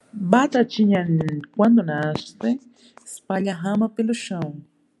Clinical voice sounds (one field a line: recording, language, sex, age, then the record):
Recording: short text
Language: Brazilian Portuguese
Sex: female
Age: 30 to 39 years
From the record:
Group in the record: control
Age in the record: 32 years